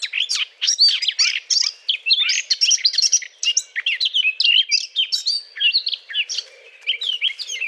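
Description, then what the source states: Eurasian blackcap singing a fast, jumbled warble of chattering notes mixed with clear, fluting whistles, almost without pause. Courtship song.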